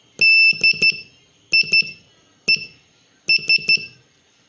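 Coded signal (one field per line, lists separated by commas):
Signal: Morse code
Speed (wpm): 13 wpm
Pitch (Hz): 2650 Hz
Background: none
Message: DIES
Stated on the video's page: Beginner Morse lesson practising the letters E, I, S, H, T, M, O, A, N, U and D in short words.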